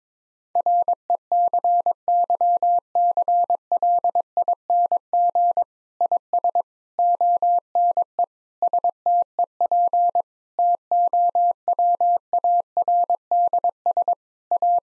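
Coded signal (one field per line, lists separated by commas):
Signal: Morse code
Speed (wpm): 22 wpm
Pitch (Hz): 700 Hz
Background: none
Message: RECYCLING IS ONE STEP TOWARDS A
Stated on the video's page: Morse practice at 22 wpm: difficult sentences with contextual hints as priming for copying.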